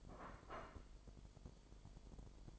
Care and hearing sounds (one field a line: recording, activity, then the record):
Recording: daily activity, microphone in the room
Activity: place plate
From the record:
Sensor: 5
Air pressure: 1002.1 hPa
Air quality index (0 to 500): 225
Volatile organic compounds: 28 ppm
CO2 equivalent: 2921 ppm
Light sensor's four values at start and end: 10/24/10/11 and 10/24/10/11